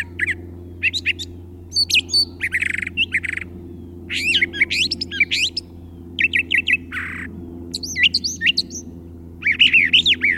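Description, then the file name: Brown thrasher song of varied short phrases, looping whistled notes, dry chips and a harsh burst, delivered in quick succession with brief gaps, low hum beneath. Chirping song. "suara kicauan brown trasher. omkicau"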